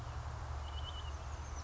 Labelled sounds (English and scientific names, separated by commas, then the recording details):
Oak Titmouse (Baeolophus inornatus)
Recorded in Sonoma County, California